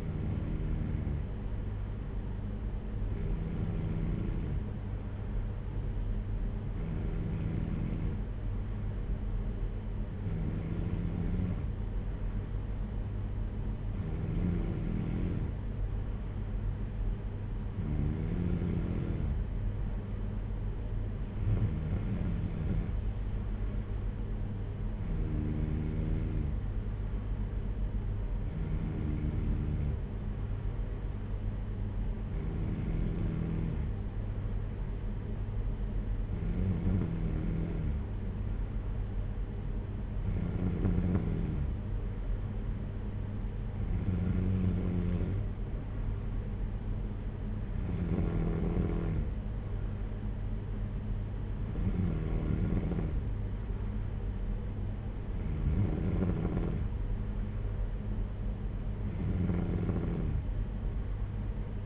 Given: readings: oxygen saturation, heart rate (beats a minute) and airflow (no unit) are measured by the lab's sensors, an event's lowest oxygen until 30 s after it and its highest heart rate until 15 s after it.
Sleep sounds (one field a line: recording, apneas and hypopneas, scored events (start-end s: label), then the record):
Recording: breathing in sleep by a smartphone at the bedside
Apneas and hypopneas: none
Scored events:
none scored
From the record:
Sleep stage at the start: N2 (light sleep)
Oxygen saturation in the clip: 93 to 94%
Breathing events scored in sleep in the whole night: 226 in 8.8 hours asleep